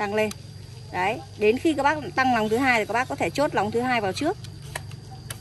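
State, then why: Seated. Someone talks while the aluminium telescoping pole of a long-reach pruner is extended and the spring lock button is pushed into the second locking hole of the outer tube. A short sharp click is heard at 5.3 s as the spring lock pin seats in the hole, confirming the pole is locked.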